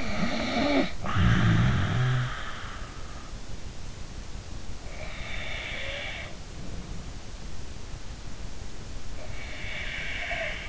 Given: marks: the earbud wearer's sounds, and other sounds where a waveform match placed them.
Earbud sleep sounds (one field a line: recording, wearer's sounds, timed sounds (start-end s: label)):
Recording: sounds in sleep by an in-ear microphone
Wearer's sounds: snoring breath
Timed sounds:
0.00-2.66 s: snoring breath
4.74-7.27 s: snoring breath
9.19-10.68 s: snoring breath